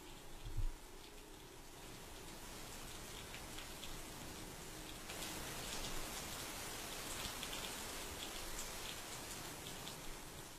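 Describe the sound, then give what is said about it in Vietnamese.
Steady rain falls continuously on a cold night outside a house porch, a dense hiss of drops pattering on surfaces, growing slightly heavier midway, with a brief low thump near the start and no voices. “Vậy là cả bốn người cứ đứng co ro ở bên ngoài hiên mưa, rét run cầm cập.”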